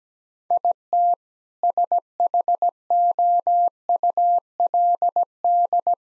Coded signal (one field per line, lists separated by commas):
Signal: Morse code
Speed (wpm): 17 wpm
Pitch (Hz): 700 Hz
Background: none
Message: IT SHOULD